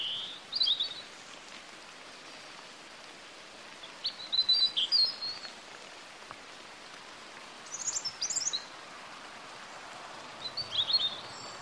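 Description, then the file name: European robin song: brief, high, sparkling phrases spaced a few seconds apart against constant background noise. "Erithacus rubecula"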